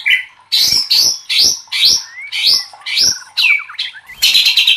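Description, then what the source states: White-rumped shama delivers a rapid series of loud harsh upswept notes about twice a second, ending in a dense buzzing rattle. Masteran training recording for cage birds; murai batu labaik.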